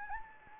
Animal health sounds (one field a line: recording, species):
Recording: mosquito wingbeat signal from an infrared sensor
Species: Anopheles gambiae